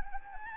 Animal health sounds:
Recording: mosquito wingbeat signal from an infrared sensor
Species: Anopheles arabiensis

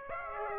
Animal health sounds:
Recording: mosquito wingbeat signal from an infrared sensor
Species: Aedes aegypti

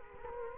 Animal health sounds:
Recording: mosquito wingbeat signal from an infrared sensor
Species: Culex quinquefasciatus

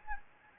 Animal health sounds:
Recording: mosquito wingbeat signal from an infrared sensor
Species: Anopheles gambiae

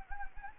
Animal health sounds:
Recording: mosquito wingbeat signal from an infrared sensor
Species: Anopheles gambiae

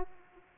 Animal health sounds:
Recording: mosquito wingbeat signal from an infrared sensor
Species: Aedes aegypti

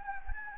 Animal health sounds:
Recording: mosquito wingbeat signal from an infrared sensor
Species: Anopheles gambiae

